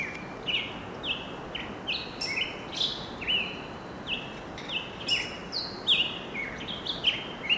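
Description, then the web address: American robin song: clear whistled phrases, many sliding downward, delivered in a steady caroling stream over constant loud background hiss. Sung at dawn in a forest in Yosemite Valley. "robbin welcomes dawn yosemite valley forest"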